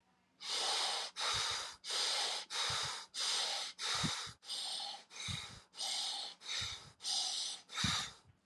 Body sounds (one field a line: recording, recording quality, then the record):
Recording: deep breathing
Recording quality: excellent, no background noise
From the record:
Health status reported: healthy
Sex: male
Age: 44 years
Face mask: not worn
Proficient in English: yes